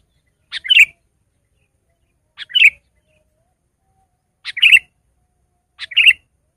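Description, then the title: Sooty-headed bulbul song of four short chirpy phrases, spaced unevenly over several seconds. "kutilang"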